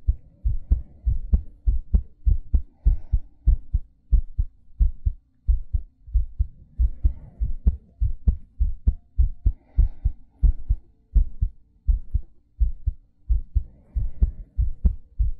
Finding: ASMR Heartbeat Breathing.